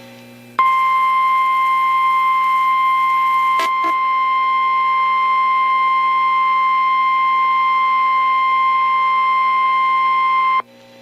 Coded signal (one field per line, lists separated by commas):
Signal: Emergency Alert System (SAME) tones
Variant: 1050 Hz attention tone